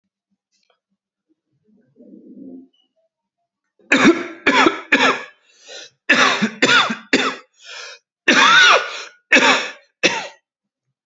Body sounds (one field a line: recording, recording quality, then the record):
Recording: heavy voluntary cough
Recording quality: excellent, no background noise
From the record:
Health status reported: healthy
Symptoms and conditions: none ticked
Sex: male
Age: 44 years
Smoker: not ticked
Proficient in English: yes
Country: India